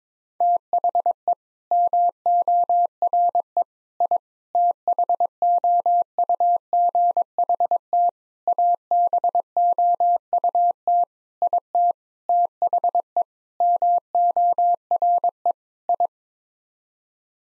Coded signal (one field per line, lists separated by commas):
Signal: Morse code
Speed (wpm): 22 wpm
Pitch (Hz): 700 Hz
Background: none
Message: THE MORE I THOUGHT ABOUT IT THE MORE I